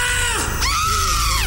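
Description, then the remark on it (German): A woman lets out a loud, shrill scream of joy, one long sustained shriek whose pitch swoops down and up again, with no talking. “Morgen heißt es Schrei vor Glück.”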